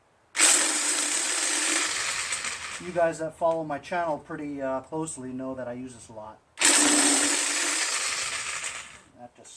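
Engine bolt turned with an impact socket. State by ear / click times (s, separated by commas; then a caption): stripped / none. A 1/2 inch electric impact driver with an impact socket hammers on a bolt while parts are removed from the Kohler 25 HP V-twin engine of a Craftsman DYT4000 lawn tractor. Loud rattling impact bursts run from about 0.4 to 2.8 s and again from about 6.6 to 8.3 s, with someone talking in between. The driver slips and the bolt head strips, and nothing seats or clicks.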